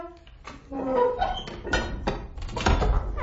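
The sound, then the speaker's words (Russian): A door swings shut with a wavering creak, then a couple of dull knocking thuds as it closes, with some clattering at the end. “— спросила Стаса, когда дверь за ней закрылась.”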